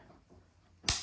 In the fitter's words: And it's got a great snap. Hear that?